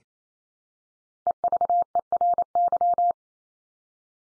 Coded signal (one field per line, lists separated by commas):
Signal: Morse code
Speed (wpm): 28 wpm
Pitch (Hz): 700 Hz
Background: none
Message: EVERY